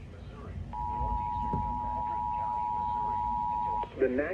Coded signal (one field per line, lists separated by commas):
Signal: Emergency Alert System (SAME) tones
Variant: 853 and 960 Hz attention tone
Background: speech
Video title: EAS EAS #949 Tornado Warning